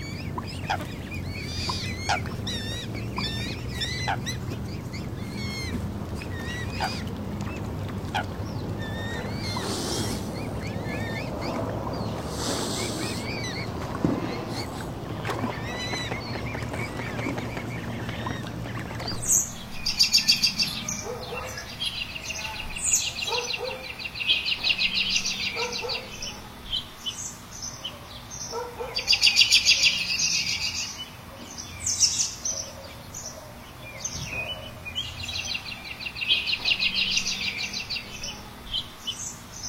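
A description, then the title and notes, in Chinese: Birds chirp and sing through these sounds of nature. For the first twenty seconds a steady low rumble like an engine sits under scattered calls; then it stops abruptly, leaving brighter, denser twittering with louder bursts around 20 and 29 seconds. 大自然的声音（合集）！白噪音。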